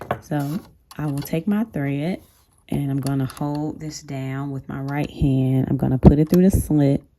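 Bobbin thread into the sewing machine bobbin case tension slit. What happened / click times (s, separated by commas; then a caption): Thread guided toward the tension slot, no click yet / none. Bobbin thread is held down by hand and guided through the slit beside the bobbin toward the tension slot of a Singer 5825C sewing machine's bobbin case while someone talks, with faint handling sounds. The clip ends before the thread is pulled left into the tension spring, so nothing has seated or clicked yet.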